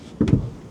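A large wooden drawer unit of a truck bed storage platform is pushed sideways over the side cabinet piece in a pickup truck bed until it drops about half an inch to sit flush. A low thud comes at 0.2 s, followed by a second knock at 0.3 s, over a quiet background. The unit has seated in place.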